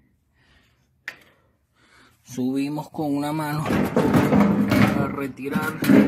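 A press-fit control knob is pulled off the shaft of a gas water heater, releasing with a single sharp pop at 1.1 s. Afterward someone talks.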